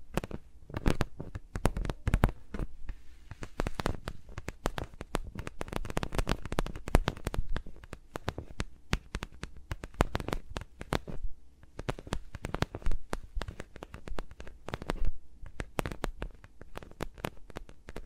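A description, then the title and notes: Fingers move around microphones with no talking, making a dense run of sharp taps, clicks and scratchy brushes. The sounds come irregularly but almost without pause for the whole stretch, bright and crisp, with soft low thumps underneath and brief quieter gaps. ASMR with Mics Around My Fingers (No Talking).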